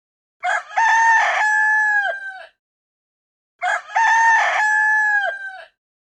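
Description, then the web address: Rooster crowing, two full cock-a-doodle-doo calls, each about two seconds long with a long held ending, separated by a short silence. "AB Luistertuin. Haan"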